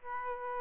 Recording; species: mosquito wingbeat signal from an infrared sensor; Aedes aegypti